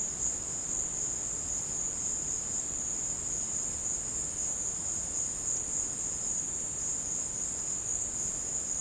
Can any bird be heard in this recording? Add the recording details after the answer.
no. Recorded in secondary vegetation near Puerto Asís, Putumayo, Colombia, on 24 March 2025 at 16:00. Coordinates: 0.485, -76.322. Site G040